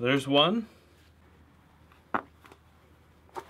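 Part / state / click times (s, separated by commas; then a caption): plastic doll joint connecting a puppet limb to its body / seated / 3.4 s. Someone talks briefly, then a second plastic doll joint connecting a puppet limb to its body is pressed together on the other limb. A few faint ticks come around 2.2–2.5 s before the joint snaps together with a sharp click at 3.4 s, seating it.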